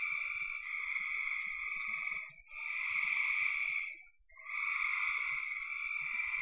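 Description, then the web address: Frog trills, three long buzzy notes separated by short pauses, with a constant high-pitched hiss throughout. "cn frogs"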